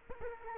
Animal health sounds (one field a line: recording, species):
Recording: mosquito wingbeat signal from an infrared sensor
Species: Culex quinquefasciatus